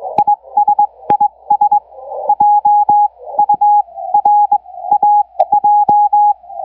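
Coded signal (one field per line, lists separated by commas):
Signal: Morse code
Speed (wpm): 21 wpm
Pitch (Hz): 830 Hz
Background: none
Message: IS IS JURAJ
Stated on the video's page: Received via the wide-band WebSDR at the University of Twente.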